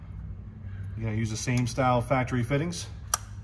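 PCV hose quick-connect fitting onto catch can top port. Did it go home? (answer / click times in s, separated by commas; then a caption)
yes / 3.1 s. Someone talks while a factory-style PCV hose quick-connect fitting is pushed onto the top port of a UPR dual valve catch can on a 2024 EcoBoost Mustang. A single sharp, bright click follows at 3.1 s, and the fitting is seated.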